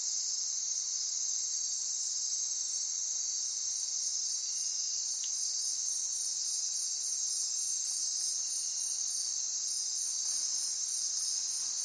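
Night in the rainforest, filled with a dense, unbroken insect drone that sits high and bright and never lets up. Above it, a sharper pulsing chirp repeats at a quick, regular rate throughout, with a faint click near the middle.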